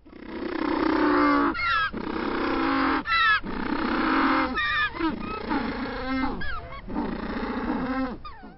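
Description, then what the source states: African penguin braying: long, harsh, donkey-like brays, each broken by short rising wheezy gasps, repeating several times. Bray resembles a braying donkey, giving the alternative name jackass penguin; also called black-footed penguin; endangered species.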